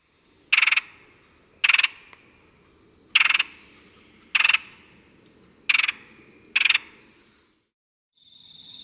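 Red-headed woodpecker giving six harsh, buzzy calls at uneven intervals, with another sound at the very end.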